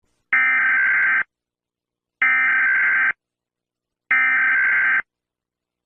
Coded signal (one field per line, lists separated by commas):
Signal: Emergency Alert System (SAME) tones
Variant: header bursts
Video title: EAS Scenario: Civil War II:Part II